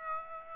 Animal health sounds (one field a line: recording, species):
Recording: mosquito wingbeat signal from an infrared sensor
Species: Aedes aegypti